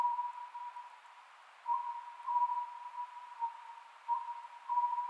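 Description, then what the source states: Oriental scops owl with a couple of brief three-note hoot phrases after a quieter start, a steady hum running underneath. Recorded 27 May 2010 at 22:21.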